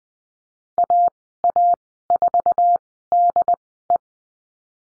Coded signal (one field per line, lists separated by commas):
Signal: Morse code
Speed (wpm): 20 wpm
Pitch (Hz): 700 Hz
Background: none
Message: AA4DE